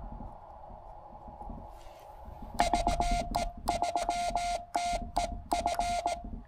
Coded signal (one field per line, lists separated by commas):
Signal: Morse code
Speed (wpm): 17 wpm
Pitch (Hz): 2100 Hz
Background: none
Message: VE3TEF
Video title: Knocking out a QRP POTA activation with Jonathan (KM4CFT)!